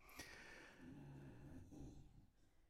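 A quiet, low, rumbling snore from a dog named Toby, heard in the background in the front room at home. About two drawn-out breaths are heard, with a brief gap between them. This is ordinary sleep snoring with no sign of distress.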